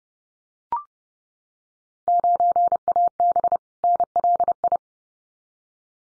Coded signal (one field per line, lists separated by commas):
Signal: Morse code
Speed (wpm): 30 wpm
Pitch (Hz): 700 Hz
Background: none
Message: 9AB NLI